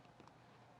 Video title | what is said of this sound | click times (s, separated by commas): Baguette & Round Halo Drop Diamond Earring 14K, 3/4 cttw, by Affinity on QVC | and it's hard to hear a little you know audible click on | 0.3 s